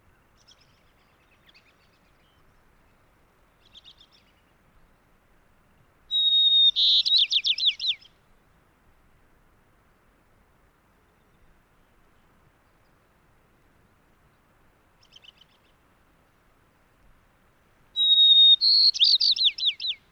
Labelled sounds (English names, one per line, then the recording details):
White-crowned Sparrow song
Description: White-crowned Sparrow song recorded in Moraine Park in Rocky Mountain National Park
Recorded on 29 May 2017